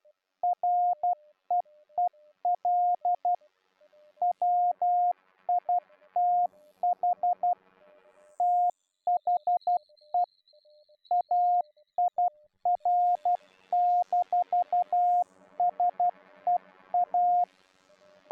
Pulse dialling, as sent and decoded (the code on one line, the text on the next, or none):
none